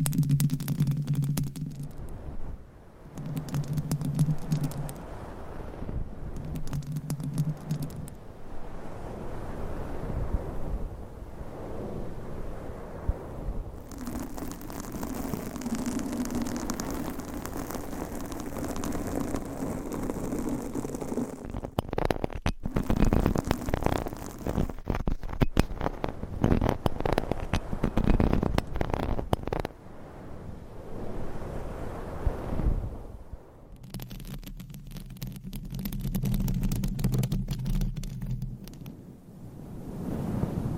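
Fingernails scratch and rub across microphone covers, shifting between rough low rumbling rubs, brief buzzing hums, and bright crackling scrapes through the recording.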